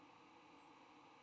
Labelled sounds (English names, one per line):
White-throated Sparrow flight call